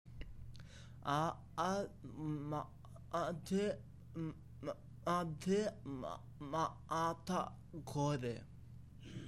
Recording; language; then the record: elicited speech; Bengali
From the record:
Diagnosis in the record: Broca's or global aphasia after a stroke